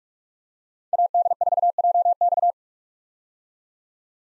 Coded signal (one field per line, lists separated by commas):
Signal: Morse code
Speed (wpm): 46 wpm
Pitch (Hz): 700 Hz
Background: none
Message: AD4JX